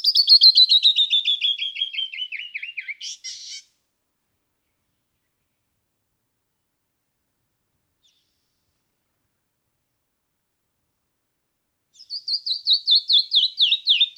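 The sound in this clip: Canyon wren song, a rapid run of whistled notes dropping steadily in pitch, ending with a buzzy note, followed by a long silence and a new descending cascade.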